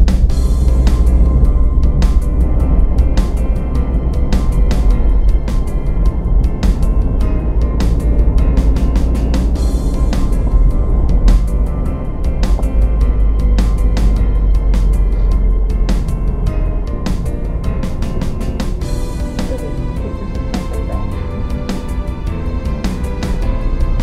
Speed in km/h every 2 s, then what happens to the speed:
31, 31, 29, 27, 29, 29, 26, 23, 19, 18, 16, 16.
0-10 steady at about 29. 10-17 slows to 18. 17-24 steady at about 16.